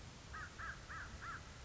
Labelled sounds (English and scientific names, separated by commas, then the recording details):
American Crow (Corvus brachyrhynchos)
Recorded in Sonoma County, California